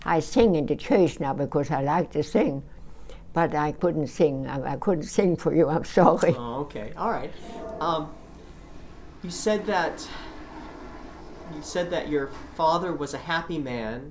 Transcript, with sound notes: I sing in the church now because I like to sing, but I couldn't sing, I couldn't sing for you, I'm sorry.
Oh, okay, all right. ( sound of a toilet flushing ) You said that, you said that your father was a happy man.